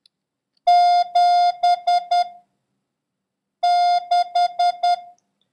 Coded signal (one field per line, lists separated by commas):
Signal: Morse code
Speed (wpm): 10 wpm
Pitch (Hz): 710 Hz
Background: none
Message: 76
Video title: International Morse Code: Lesson 10